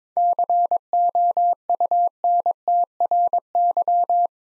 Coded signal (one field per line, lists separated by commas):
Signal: Morse code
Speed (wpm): 22 wpm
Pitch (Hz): 700 Hz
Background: none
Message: COUNTRY